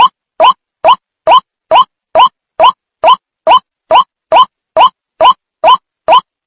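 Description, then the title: White-breasted waterhen call series: short, hoarse, upward-kinked notes given at an even pace of just over two per second. Calls used as an effective lure (pikat); recording titled a mix (campuran). "Campuran. Pikat Ruak-Ruak"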